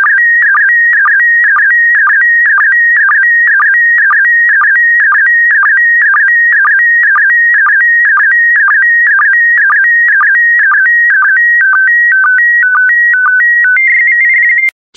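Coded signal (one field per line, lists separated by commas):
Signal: SSTV (slow-scan television)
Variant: PD120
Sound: warbling tone stepping between pitches, with short low blips about twice a second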